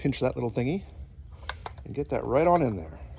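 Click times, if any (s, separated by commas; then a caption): none. Someone talks while pinching the release catch of a steel bayonet and pushing it onto the barrel band and bayonet lug of an Inland M1 Carbine, with two brief sharp handling sounds at about 1.5 and 1.7 seconds. The bayonet has not seated or clicked into place yet.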